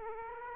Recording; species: mosquito wingbeat signal from an infrared sensor; Aedes aegypti